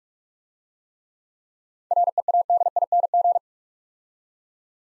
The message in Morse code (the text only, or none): READING